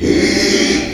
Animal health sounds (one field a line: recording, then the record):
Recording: squeal of a Yucatan mini pig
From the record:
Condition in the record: after surgery on the right vocal fold (resection and tissue-engineered implant)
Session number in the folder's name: 2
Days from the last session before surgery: 13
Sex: male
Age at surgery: 12 weeks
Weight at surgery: 13 kg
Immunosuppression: cyclosporine, prednisolone